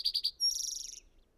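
Bird song: three quick buzzy high notes, then a thin whistle running into a buzzy, slightly falling trill lasting about half a second.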